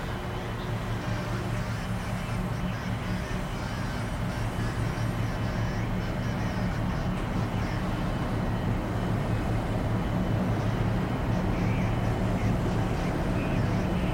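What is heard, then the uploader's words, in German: Inside a shuttle cabin, a steady low rumble and hum fill the space for the full fourteen seconds, with level loudness throughout. Faint murmuring voices and small rattles come and go over the engine drone, slightly brighter after the midpoint. Raumflug | Tiefenschlaf Shuttle-Kabinenatmosphäre.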